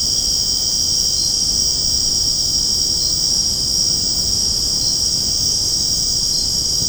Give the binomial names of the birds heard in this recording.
none